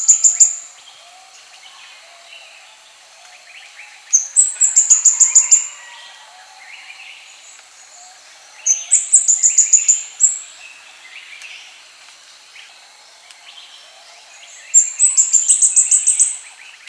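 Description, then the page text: Plain flowerpecker song: very high, thin phrases of rapid ticking notes, each around two seconds long, repeated every four to six seconds. "Plain Flowerpecker Song. Quick Sounds library"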